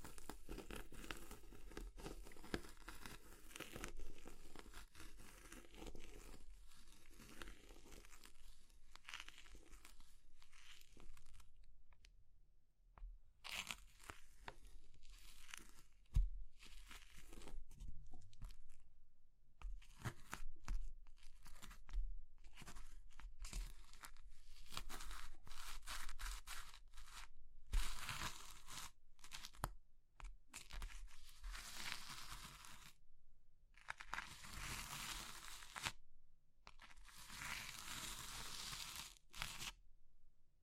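Crumbly material is crushed and crumbled in bursts of dry, crackly crunching, with bright crisp bursts and brief pauses between squeezes.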